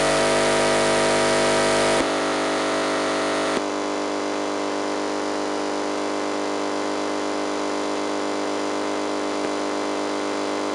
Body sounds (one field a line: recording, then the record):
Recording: brain microelectrode recording played as sound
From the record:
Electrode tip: inside the subthalamic nucleus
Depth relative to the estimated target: -3 mm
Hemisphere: left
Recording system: NeuroSet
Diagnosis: Parkinson's disease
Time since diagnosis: 8 years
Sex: male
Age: 58 years